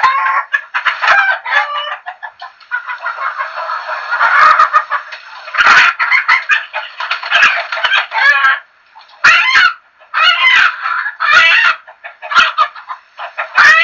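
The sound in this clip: Chickens clucking and squawking, harsh calls in a dense run with brief pauses near the end.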